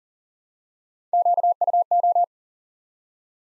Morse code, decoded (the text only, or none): QUO